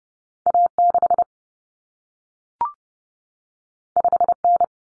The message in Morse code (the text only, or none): A6 5N